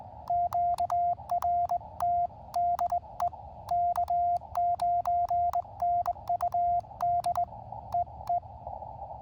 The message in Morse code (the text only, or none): QRT DE K9NUD EE